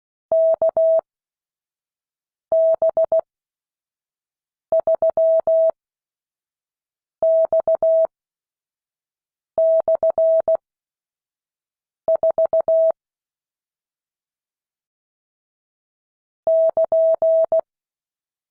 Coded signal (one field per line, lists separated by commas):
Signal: Morse code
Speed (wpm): 16 wpm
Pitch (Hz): 650 Hz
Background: none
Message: KB3X/4 <KN>